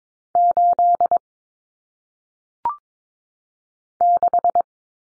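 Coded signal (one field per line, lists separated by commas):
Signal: Morse code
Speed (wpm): 22 wpm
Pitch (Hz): 700 Hz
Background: none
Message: 8 6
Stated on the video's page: Morse drill of common single-digit cut numbers at 22 wpm, with T, A, N for 0, 1, 9; each sent twice for head-copy.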